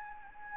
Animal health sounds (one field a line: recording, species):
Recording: mosquito wingbeat signal from an infrared sensor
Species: Anopheles gambiae